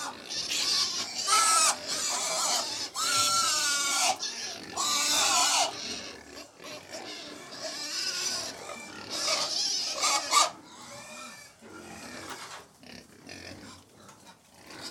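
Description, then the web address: Domestic pigs squealing and screaming in loud harmonic bursts, some rising then falling, mixed with grunts and shuffling as a crowded group feeds. 100 pigs feeding; livestock. "The BBC Sound Effects Library - Livestock 100 Pigs Feeding"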